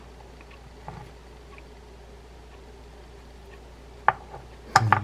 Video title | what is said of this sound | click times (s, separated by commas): How to restore and service a grease frozen Penn 704Z spin fihing reel | once you get the one on generally speaking the other two will snap right in | 4.1 s, 4.8 s, 4.9 s